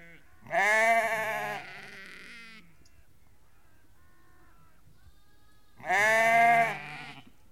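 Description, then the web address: Sheep bleating, two loud, long, tremulous bleats several seconds apart, with soft bleats in the pause. A flock of about 30 to 50 ewes and lambs calling. "BBC Sound Effects Library (Livestock) About 30-50 Ewes and Lambs Calling"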